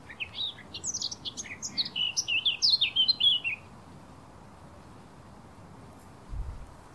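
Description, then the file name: Eurasian blackcap singing a rapid, varied warble of high twittering notes for about three and a half seconds, then near silence with a brief low thump near the end. "Sylvia atricapilla"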